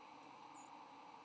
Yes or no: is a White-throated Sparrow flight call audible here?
yes